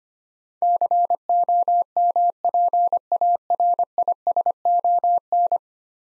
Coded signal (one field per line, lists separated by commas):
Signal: Morse code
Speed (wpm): 25 wpm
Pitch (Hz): 700 Hz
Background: none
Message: COMPARISON